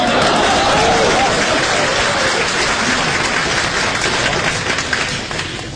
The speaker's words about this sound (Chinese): 两个说相声往外一走，那有人一伸手拍火，掌声雷动， 都是掌声。